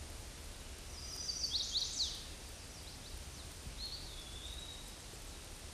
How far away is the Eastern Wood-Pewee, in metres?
about 25 m